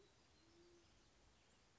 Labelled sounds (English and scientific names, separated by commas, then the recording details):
Band-tailed Pigeon (Patagioenas fasciata)
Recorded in Sonoma County, California